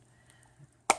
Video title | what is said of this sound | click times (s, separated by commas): Share What You Love bundles and Sneak Peeks | the rest open easy anyway so that's did you hear I clicked now that's a good tight seal so | 0.9 s